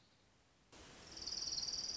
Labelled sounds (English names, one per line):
Orange-crowned Warbler